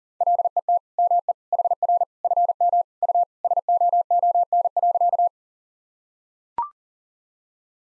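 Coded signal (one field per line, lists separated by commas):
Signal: Morse code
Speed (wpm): 40 wpm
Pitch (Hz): 700 Hz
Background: none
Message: LET ME HR FM U SOON.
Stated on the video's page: Morse code head-copy practice at 40 wpm, sentences built from the top 400 words and abbreviations, each sent twice.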